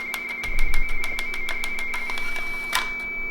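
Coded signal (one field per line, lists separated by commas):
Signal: RTTY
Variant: Baudot, 170 Hz shift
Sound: two close warbling tones switching rapidly under steady rhythmic teleprinter clatter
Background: teleprinter mechanism clatter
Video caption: So it did a Line Feed and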